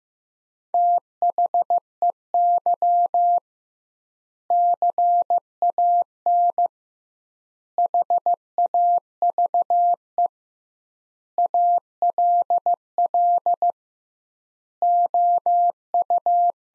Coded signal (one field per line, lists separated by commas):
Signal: Morse code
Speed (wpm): 15 wpm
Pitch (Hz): 700 Hz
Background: none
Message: THEY CAN HAVE ALL OU